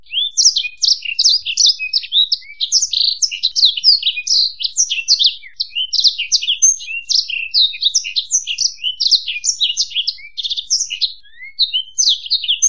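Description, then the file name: Black-throated canary pouring out rapid, varied, high chirps and buzzy twitters in a continuous, lively warble, with nothing else audible. "suara burung blackthroat"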